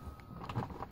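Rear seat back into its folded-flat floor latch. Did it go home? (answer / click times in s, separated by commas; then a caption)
no / none. The rear seat back of a Range Rover Sport HSE 2.7 TDV6 is handled as it is folded flat toward its floor latch, giving a few short, soft knocks and rustles over a low background rumble. The clip ends before the seat goes home, so nothing has seated or clicked yet.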